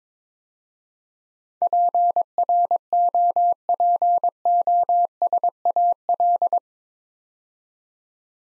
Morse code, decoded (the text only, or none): PROPOSAL